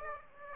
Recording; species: mosquito wingbeat signal from an infrared sensor; Aedes aegypti